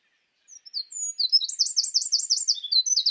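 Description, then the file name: Eurasian wren song opening with a few thin high notes, then a fast, evenly repeated trill of sharp chirps that continues to the end. "Troglodytes troglodytes"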